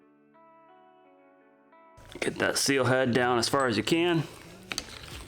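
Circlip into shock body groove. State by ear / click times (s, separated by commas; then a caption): partly seated / 4.7 s. Soft music plays before someone talks while the seal head of a Honda RM250 rear shock is pushed down into the shock body to expose the groove above it. A circlip is popped into that groove with a sharp click at 4.7 s. The circlip only partly snaps in, as one side still needs a bit more.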